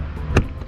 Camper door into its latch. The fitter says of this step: La chiusura del portellone centrale ha 2 scatti,